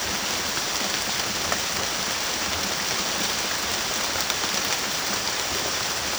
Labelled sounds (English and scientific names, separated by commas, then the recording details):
none
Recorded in secondary vegetation near Puerto Asís, Putumayo, Colombia, on 30 June 2025 at 15:00
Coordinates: 0.500, -76.326
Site GP08